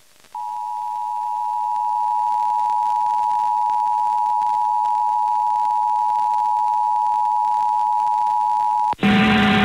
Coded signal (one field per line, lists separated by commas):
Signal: Emergency Alert System (SAME) tones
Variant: 853 and 960 Hz attention tone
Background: music